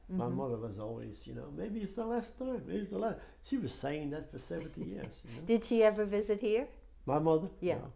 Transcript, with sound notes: My mother was always, you know, "Maybe it's the last time. Maybe it's the la" — she was saying that for 17 years.
[laughs] Did she ever visit here?
My mother?
Yeah.